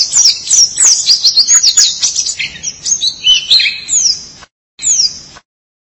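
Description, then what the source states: White-eye song: a rapid jumble of high, thin twittering notes sweeping up and down, pausing briefly near the end before a short final burst. Chirping song.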